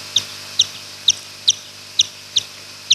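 Brown long-eared bat echolocation calls, slowed down: a series of short chirps with a fainter higher harmonic, over a faint low hum.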